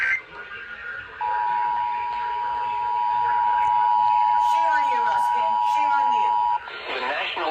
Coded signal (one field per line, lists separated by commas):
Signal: Emergency Alert System (SAME) tones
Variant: 853 and 960 Hz attention tone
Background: speech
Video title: SLIGHTSANITY 13: AWAKENING FLOODS - EAS Alerts From 7/12/25 - 7/15/25 (EAS #4327-4379)